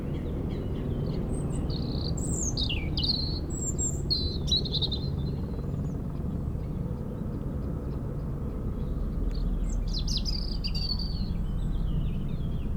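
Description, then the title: European robin song: two clusters of thin, high, quavering notes several seconds apart, set against a persistent low humming engine sound. Singing in a hedge near Lac du Bourget, France, during helicopter lift work on a cliff, sound echoing off the mountain; Zoom H4n Pro placed vertically on the ground. "4 Chem. de la Pointe Forestier, Brison-Saint-Innocent, France - Duo rouge-gorge hélicoptère"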